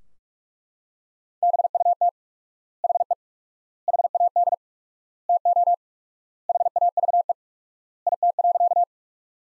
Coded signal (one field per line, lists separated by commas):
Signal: Morse code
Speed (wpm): 42 wpm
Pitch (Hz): 700 Hz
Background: none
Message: BUT HE HAD TO HAVE IT.